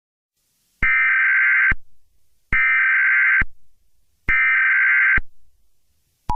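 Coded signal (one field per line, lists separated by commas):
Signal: Emergency Alert System (SAME) tones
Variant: header bursts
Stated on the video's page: Fictional EAS scenario, a simulated alert.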